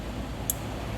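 An electrical connector is pushed onto the A/C compressor of a 2016 Ford Fusion Hybrid during compressor installation. A single sharp, high-pitched click is heard at 0.5 s over steady low background noise. The connector clicks all the way in and is seated.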